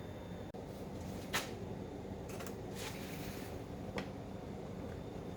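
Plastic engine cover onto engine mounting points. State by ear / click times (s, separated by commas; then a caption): not seated / none. A plastic engine cover, not native to this VW New Beetle 3.6 VR6 engine and fitted with fixture points that were cut off and welded back in new locations, is pressed onto its mounting points on the engine. Over a steady background hum, a few brief knocks and rustles of handling are heard, with the sharpest at about 1.4 s and 4.0 s. Nothing has seated or clicked yet; the cover is not yet home when the clip ends.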